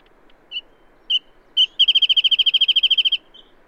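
Bird song: three spaced introductory chirps, then a rapid even trill of about a second and a half, ending with a faint short note.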